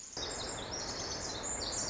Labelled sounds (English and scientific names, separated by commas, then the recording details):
Pacific Wren (Troglodytes pacificus)
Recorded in Sonoma County, California